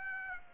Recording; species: mosquito wingbeat signal from an infrared sensor; Aedes aegypti